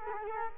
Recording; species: mosquito wingbeat signal from an infrared sensor; Culex quinquefasciatus